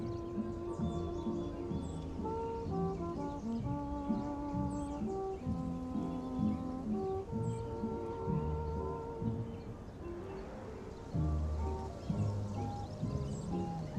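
Oldies music plays in another room, heard muffled, with steady sustained melody notes and a thumping bass line running throughout. The sound is mostly low and middle, with little brightness. Around ten to eleven seconds the music thins briefly, then the full beat returns.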